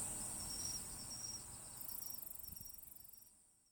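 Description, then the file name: High cricket trill and pulsed chirps that fade away steadily toward silence by the end. "crikets"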